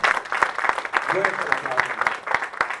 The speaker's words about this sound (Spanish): Un fuerte aplauso para el señor Han Hill-Park.